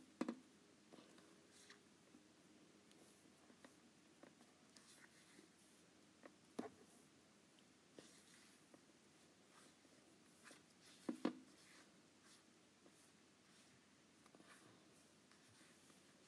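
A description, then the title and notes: An Apple Pencil taps and slides across an iPad screen in short, scattered strokes over a quiet background hiss. Sharp clicks stand out near the start, around six and a half seconds, and again near eleven seconds, with softer scratches between. ASMR Apple Pencil on iPad.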